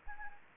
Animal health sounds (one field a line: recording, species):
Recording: mosquito wingbeat signal from an infrared sensor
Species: Anopheles gambiae